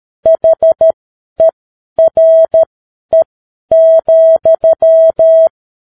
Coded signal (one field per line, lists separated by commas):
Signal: Morse code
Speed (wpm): 13 wpm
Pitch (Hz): 650 Hz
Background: none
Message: HERE,